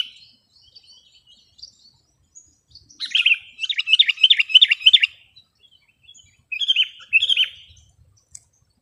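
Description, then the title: Sooty-headed bulbul singing a two-second burst of quick, chattering high notes after soft faint chirps, then two short chirped phrases close together. "kutilang"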